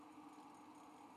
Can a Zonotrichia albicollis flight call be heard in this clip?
no